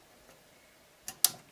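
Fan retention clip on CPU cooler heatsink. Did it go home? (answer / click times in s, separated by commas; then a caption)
yes / 1.2 s. A wire fan retention clip on the other side of a CPU cooler heatsink is hooked into the trench and pressed until it clicks into place. A small tick at 1.1 s is followed by a sharp, bright click at 1.2 s. The clip is seated, holding the fan on the cooler.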